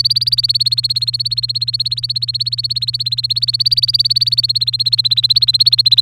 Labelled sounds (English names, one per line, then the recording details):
Domestic Canary song
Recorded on 24 April 2018 at 05:52
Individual llb3